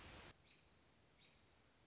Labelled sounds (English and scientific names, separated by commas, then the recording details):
American Robin (Turdus migratorius)
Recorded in Sonoma County, California